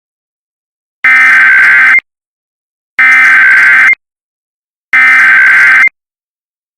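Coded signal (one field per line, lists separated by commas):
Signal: Emergency Alert System (SAME) tones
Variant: header bursts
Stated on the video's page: Fictional EAS scenario about a climate calamity, simulated.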